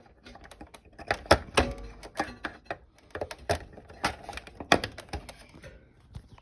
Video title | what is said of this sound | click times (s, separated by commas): How to replace heat switch on standard oven | just like that usually pop it in place and here click and place | 4.7 s